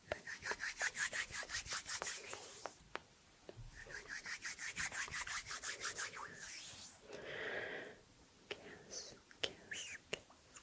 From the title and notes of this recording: ASMR PLUCKING and pulling negative energy 1 hour of hand movements with mouth sounds.